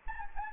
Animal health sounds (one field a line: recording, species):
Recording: mosquito wingbeat signal from an infrared sensor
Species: Anopheles gambiae